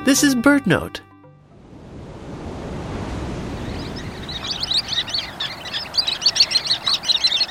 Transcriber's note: Sound of gentle waves and sharp call notes of a flock of Sanderlings